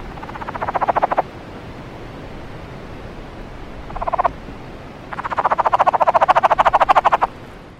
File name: rcascadaechatter